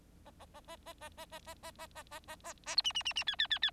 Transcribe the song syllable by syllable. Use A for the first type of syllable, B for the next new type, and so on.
A A A A A A A A A A A A A A A A B C C C C D D D D